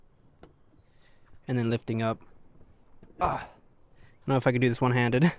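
A quick-release hood pin latch on a BRZ/GR86 car hood with XPEL Stealth PPF is pressed on its tabs and clicks open at 0.4 s, then lifted up, leaving the latch released. Someone talks between and after.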